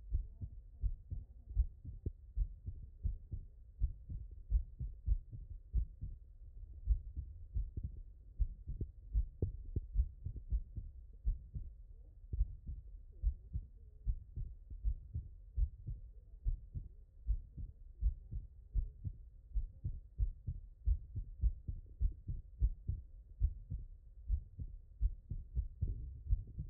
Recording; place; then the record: heart sounds by stethoscope; tricuspid valve (TV)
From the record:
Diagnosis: non-HFrEF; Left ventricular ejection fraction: 61%